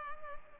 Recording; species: mosquito wingbeat signal from an infrared sensor; Culex pipiens